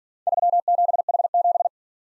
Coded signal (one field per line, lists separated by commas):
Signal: Morse code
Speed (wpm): 47 wpm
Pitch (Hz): 700 Hz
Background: none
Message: 37H7